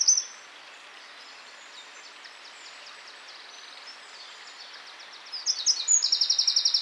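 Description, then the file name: Eurasian wren song: a brief loud note at the start, then quiet, and finally a bright, rapid trill of repeated high notes. "Troglodytes troglodytes"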